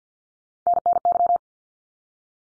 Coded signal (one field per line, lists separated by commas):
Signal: Morse code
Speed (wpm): 50 wpm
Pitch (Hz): 700 Hz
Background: none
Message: NNY